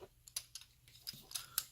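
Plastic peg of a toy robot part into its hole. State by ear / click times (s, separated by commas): not seated / none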